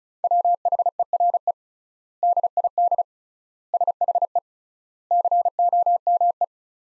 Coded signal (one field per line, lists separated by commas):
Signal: Morse code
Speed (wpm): 34 wpm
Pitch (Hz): 700 Hz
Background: none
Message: WHERE DID SHE COME